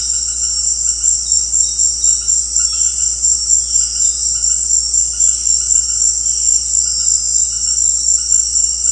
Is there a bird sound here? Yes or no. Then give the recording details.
no. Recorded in secondary vegetation near Puerto Asís, Putumayo, Colombia, on 9 March 2025 at 18:30. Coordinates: 0.484, -76.319. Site G010